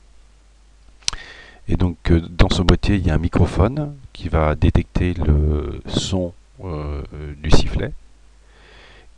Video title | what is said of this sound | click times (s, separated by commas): sifflet bluetooth - chronomètre - schéma structurel- sifflet connecté | là devant nous on a un boîtier sur lequel vient se clipser un un sifflet homologué et | 1.1 s